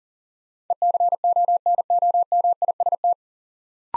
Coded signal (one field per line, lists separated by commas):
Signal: Morse code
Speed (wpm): 41 wpm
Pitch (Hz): 700 Hz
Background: none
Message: ECONOMIST